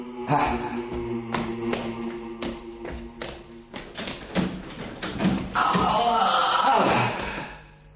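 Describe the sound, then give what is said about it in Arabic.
A door at the far end of a room is worked open and banged shut: a run of sharp, uneven thuds and knocks, followed by a loud, sustained scraping creak that fades at the end. “في هذه الحالة عليك أن تدخل من هذا الباب الذي هو في أقصى الغرفة.”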